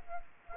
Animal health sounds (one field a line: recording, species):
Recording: mosquito wingbeat signal from an infrared sensor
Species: Culex quinquefasciatus